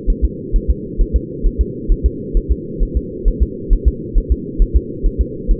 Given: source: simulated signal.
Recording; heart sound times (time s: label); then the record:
fetal heart sounds
0.10 s: S1
0.25 s: S2
0.56 s: S1
0.70 s: S2
1.01 s: S1
1.16 s: S2
1.46 s: S1
1.61 s: S2
1.92 s: S1
2.06 s: S2
2.37 s: S1
2.52 s: S2
2.83 s: S1
2.97 s: S2
3.28 s: S1
3.43 s: S2
3.73 s: S1
3.88 s: S2
4.18 s: S1
4.32 s: S2
4.62 s: S1
4.76 s: S2
5.06 s: S1
5.21 s: S2
5.51 s: S1
From the record:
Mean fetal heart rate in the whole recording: 130 bpm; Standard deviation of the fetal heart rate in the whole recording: 4 bpm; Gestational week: 38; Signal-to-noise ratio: -4.1 dB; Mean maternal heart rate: no maternal heart sound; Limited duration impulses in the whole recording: absent